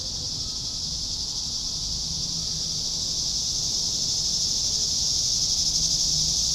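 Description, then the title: Cicada chorus in an unbroken shrill buzz that swells slightly louder toward the end, over a faint low background rumble. "neoscenes: cicadas"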